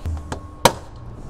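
Fingers run along a vinyl cap on a Feeney aluminum railing, then both sides are squeezed at once. A few soft taps and clicks come first, then a sharp, loud snap at 0.7 s as the cap seats in place on the rail.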